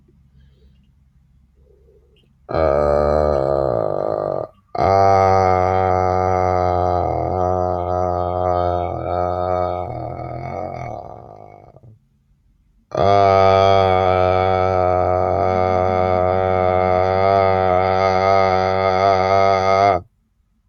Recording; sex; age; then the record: vowel held as long as possible; male; 20 to 29 years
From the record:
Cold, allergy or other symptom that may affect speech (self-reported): no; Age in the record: 21 years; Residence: Massachusetts, United States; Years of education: 16